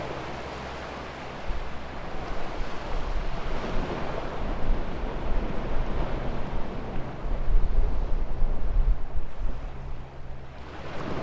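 Waves wash in a steady, dense roar that swells after the first second and peaks again around eight to nine seconds before easing. A low wind rumble runs underneath throughout, with brief gusty buffeting on the microphone.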